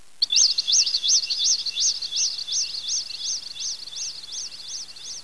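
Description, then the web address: Bird calling in a fast, even series of short, high, rising-and-falling chirps, roughly three per second, continuing without pause. "特酷声音素材库 动物 鸟 Bird"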